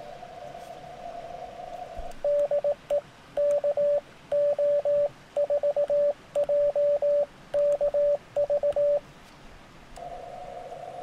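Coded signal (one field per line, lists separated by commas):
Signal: Morse code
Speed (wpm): 17 wpm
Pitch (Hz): 580 Hz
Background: radio noise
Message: DE KO4JKV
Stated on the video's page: CW on a crowded, shifty 40 metre band during an outdoor Parks on the Air activation, mostly hunting other parks.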